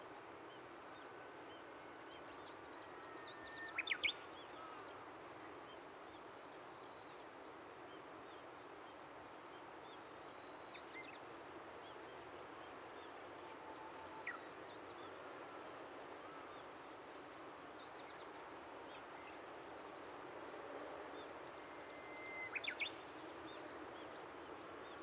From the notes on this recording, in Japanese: 生い茂ってきた多摩川ジャンルを歩いて、河原の方へ向かいます。